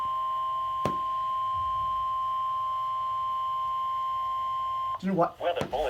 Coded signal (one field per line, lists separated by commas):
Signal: Emergency Alert System (SAME) tones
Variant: 1050 Hz attention tone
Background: speech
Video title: EAS 128 SVR